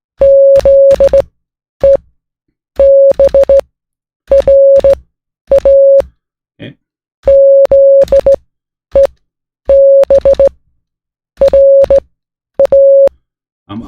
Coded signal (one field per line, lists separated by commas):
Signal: Morse code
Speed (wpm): 16 wpm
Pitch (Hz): 550 Hz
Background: music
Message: ZEBRA ZEBRA